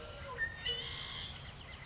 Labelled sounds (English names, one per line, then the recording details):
California Towhee
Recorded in Sonoma County, California